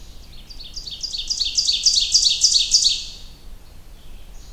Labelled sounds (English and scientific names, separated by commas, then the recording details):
Ovenbird (Seiurus aurocapilla) song
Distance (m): 10 m
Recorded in boreal forest in Alberta, Canada, on 30 June 2016 at 08:02
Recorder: SongMeter 3, array SBT-6-79
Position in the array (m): 5 m, 108 m
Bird 40